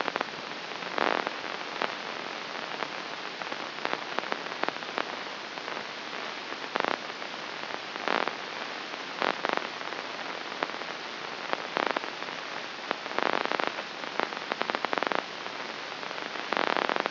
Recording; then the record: brain microelectrode recording played as sound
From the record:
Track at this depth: inside the subthalamic nucleus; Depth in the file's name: 2.135 mm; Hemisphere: left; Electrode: 3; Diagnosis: Parkinson's disease